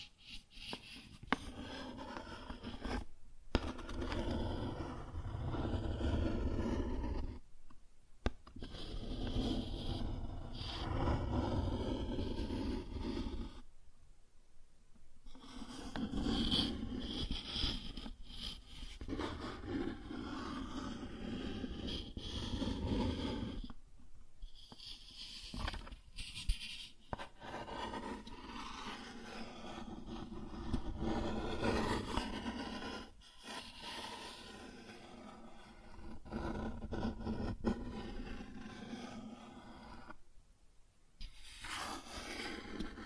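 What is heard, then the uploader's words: Cardboard being scratched and rubbed in long, rough strokes that run for several seconds at a time, with a low scraping body and a hissy top. Brief silent gaps break the sound around 3, 8, 14, 24, 26 and 40 seconds. Cardboard Scratching, Tracing, Tearing.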